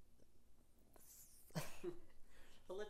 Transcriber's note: chuckles